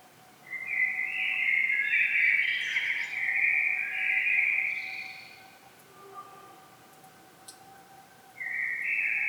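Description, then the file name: Common blackbird singing a sustained, flowing whistled phrase of varied low notes for several seconds, followed by quiet and the start of another phrase. "Turdus merula"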